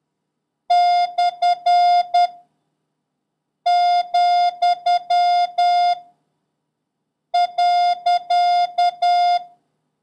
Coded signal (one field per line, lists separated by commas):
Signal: Morse code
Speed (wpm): 10 wpm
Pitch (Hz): 710 Hz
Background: none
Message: / , .